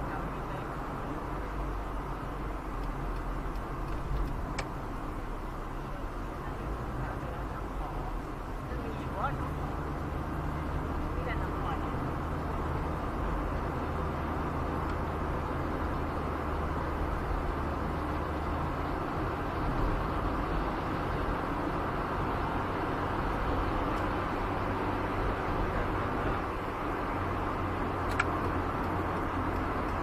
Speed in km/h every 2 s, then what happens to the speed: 81, 81, 82, 82, 82, 82, 82, 81, 80, 79, 78, 76, 75, 73, 73.
0-13 steady at about 82. 13-30 slows to 73.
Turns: none.